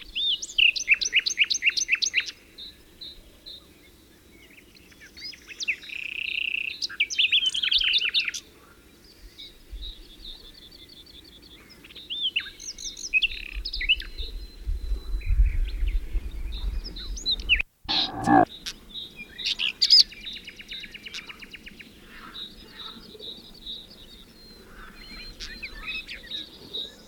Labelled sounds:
Western Black-eared Wheatear (Oenanthe hispanica)

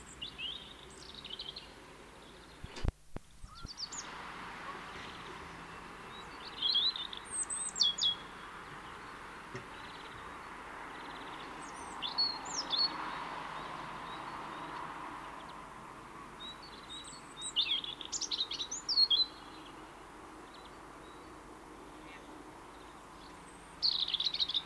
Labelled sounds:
European Robin (Erithacus rubecula) song

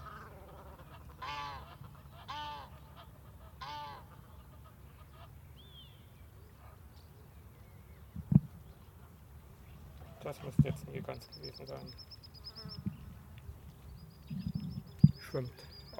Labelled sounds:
Egyptian Goose (Alopochen aegyptiaca) call

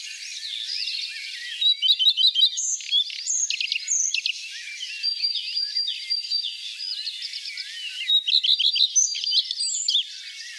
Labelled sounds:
Common Redstart (Phoenicurus phoenicurus) song

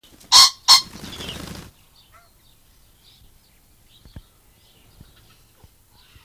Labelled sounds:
Common Pheasant (Phasianus colchicus)

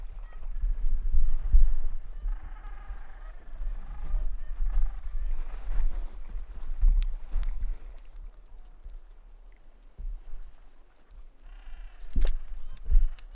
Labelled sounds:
Gentoo Penguin (Pygoscelis papua) call

